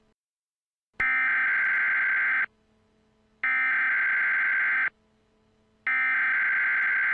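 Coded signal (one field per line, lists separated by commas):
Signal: Emergency Alert System (SAME) tones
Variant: header bursts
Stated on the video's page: Fictional EAS scenario, a simulated alert.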